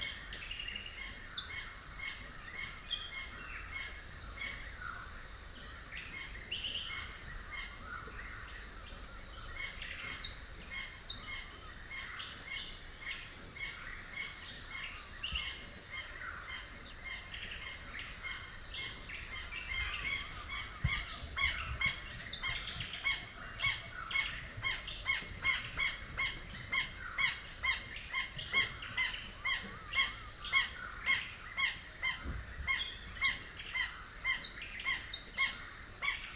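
A rural dawn chorus in Rathdowney, Queensland: many birds chirp and call continuously, a dense, bright tangle of overlapping tweets and rapid trills.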